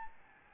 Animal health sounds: mosquito wingbeat signal from an infrared sensor; Aedes albopictus

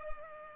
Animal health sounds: mosquito wingbeat signal from an infrared sensor; Culex pipiens

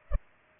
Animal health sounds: mosquito wingbeat signal from an infrared sensor; Culex pipiens

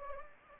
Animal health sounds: mosquito wingbeat signal from an infrared sensor; Anopheles gambiae

